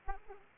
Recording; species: mosquito wingbeat signal from an infrared sensor; Aedes aegypti